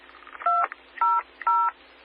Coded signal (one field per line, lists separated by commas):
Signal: DTMF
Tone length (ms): 240 ms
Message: 200